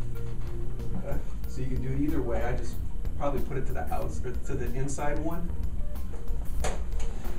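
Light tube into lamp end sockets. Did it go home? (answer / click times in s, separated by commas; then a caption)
yes / 6.6 s. Someone talks while a fluorescent/LED light tube, sitting in one end socket of a lamp, is rolled down into the other socket and twisted, with music playing underneath. The tube clicks into its sockets at 6.6 s, followed by a softer sound at 7.0 s, leaving it seated.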